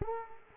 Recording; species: mosquito wingbeat signal from an infrared sensor; Culex quinquefasciatus